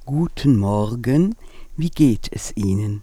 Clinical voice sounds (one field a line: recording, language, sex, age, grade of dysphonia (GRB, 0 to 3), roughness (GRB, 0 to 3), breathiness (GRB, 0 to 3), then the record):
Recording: spoken sentence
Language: German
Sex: female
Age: 60 to 69 years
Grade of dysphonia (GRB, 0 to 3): 2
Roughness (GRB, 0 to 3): 2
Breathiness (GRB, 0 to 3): 2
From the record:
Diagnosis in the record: dysodia (singing voice disorder)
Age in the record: 65 years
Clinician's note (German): Dysodie